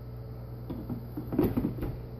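A filled plastic Nutri Ninja Auto IQ blender cup, holding milk and frozen fruit, is placed on the motor base and turned toward its locked position, making soft knocks and scraping contact sounds over a low steady hum. The cup has not locked onto the base yet, and nothing has seated or clicked by the end of the clip.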